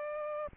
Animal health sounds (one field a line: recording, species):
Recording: mosquito wingbeat signal from an infrared sensor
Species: Aedes aegypti